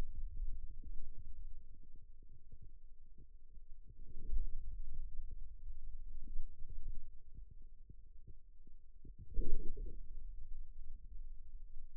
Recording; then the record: forearm muscle sounds (acoustic myography)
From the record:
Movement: radial deviation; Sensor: system 2, bracelet of six BSWA MPA416 microphones around the upper forearm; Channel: 5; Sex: male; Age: 22 years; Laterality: right